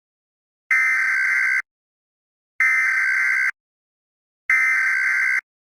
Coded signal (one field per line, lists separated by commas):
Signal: Emergency Alert System (SAME) tones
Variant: header bursts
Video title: EAS Scenario: Dandy’s World: Ichor Infection